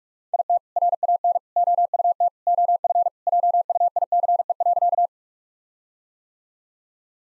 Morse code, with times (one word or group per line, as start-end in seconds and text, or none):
0.3-0.6 IT
0.8-1.4 RAN
1.6-2.3 OUT
2.5-3.1 OF
3.3-5.1 JUICE.